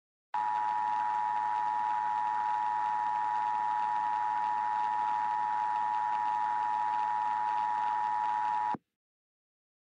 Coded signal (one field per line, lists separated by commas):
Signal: Emergency Alert System (SAME) tones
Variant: 853 and 960 Hz attention tone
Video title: EAS Scenario - Hot Jupiter: REMASTERED